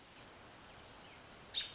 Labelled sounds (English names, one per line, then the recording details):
American Robin
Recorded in Sonoma County, California